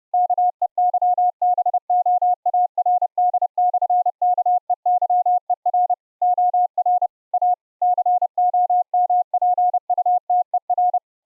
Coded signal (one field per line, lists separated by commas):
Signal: Morse code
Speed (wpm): 30 wpm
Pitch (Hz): 720 Hz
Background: none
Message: KEYBOARD/KEYER OR A COMPUTER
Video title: VLF CW AM Transceiver project for MUMBLE iCW - prototype 2 - The Transmitter section